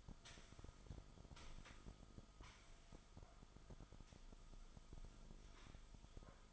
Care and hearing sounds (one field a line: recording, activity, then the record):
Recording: daily activity, microphone in the room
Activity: sweep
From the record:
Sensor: 5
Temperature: 24.0 degrees Celsius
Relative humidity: 36.6%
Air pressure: 1004.8 hPa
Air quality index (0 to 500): 95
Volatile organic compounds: 2 ppm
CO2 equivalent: 1146 ppm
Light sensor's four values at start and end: 34/80/32/31 and 34/79/32/30